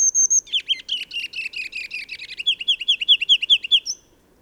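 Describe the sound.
Bird song opens with brief high whistles, then breaks into a quick, jangling series of dropping chirps that runs for over three seconds.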